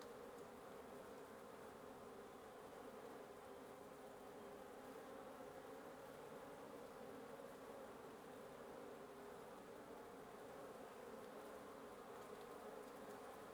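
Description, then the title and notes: Wasp nest humming, many wasps making an unbroken, even buzz that holds steady from start to end. Wasp nest under the roof of a residence in Antigua Guatemala, Guatemala; recorded in the morning. "1a Avenida Nte 19, Antigua Guatemala, Guatemala - Un nid de guêpes. Un nid de guêpes sous le toit de ma résidence. Prise de sons (matinale) : JF CAVRO"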